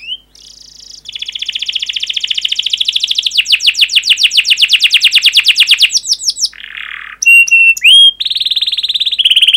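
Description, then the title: Canary song: a rising whistle, a long fast trill of chirps growing louder, then a low harsh burst and bright whistled notes. Canary song, fast and dense chirping, used as a lure to prompt young canaries to learn to sing. "Kenari Gacor Speed RAPAT Cuit Cuit Ngero L Suara Bagus Untuk Pancingan Kenari Paud Belajar Bunyi"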